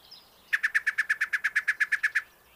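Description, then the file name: Yellow-breasted chat producing a rapid, steady run of about fifteen clipped mid-pitched notes, over a faint background hiss. "Yellow breasted Chat Icteria virens"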